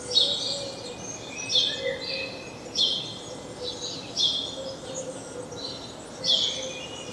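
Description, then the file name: House sparrow chirping: five emphatic chirps, with quieter twittering between them over light background noise. "Passer domesticus"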